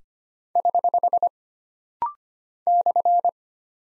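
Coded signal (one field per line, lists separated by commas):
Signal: Morse code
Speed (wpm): 25 wpm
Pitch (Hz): 700 Hz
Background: none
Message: <HH> /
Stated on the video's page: Rapid-fire 25 wpm drill of single punctuation and prosign characters, each sent in Morse, spoken, then sent again.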